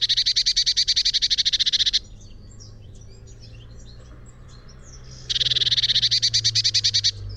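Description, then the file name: Eurasian blue tit churring twice: a fast buzzy rattle of repeated notes lasting two seconds, a pause with faint chirps, then a second rattle near the end. "Cyanistes caeruleus"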